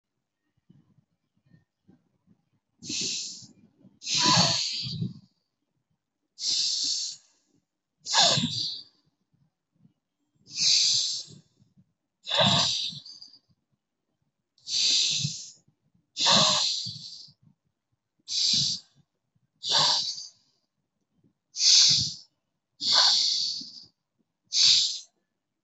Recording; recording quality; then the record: deep breathing; excellent, no background noise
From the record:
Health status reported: healthy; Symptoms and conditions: none ticked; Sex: male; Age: 27 years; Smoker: yes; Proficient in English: no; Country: India